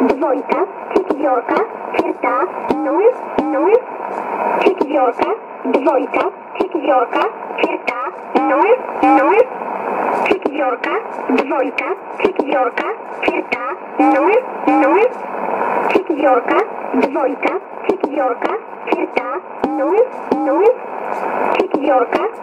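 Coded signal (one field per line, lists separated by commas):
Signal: numbers station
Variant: S11a, Russian voice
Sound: a voice reading short words in steady succession through band-limited radio hiss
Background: radio static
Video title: 25 04 2017 Numbers station S11a Cherta in Russian to Eu 1022 on 9960 in USB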